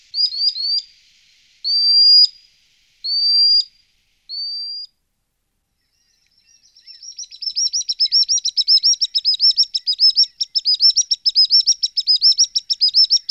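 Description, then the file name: Common sandpiper giving several separate high, rising piping calls, then after a short silence a long, rapid, high-pitched trilling run of repeated notes. "piro piro piccolo"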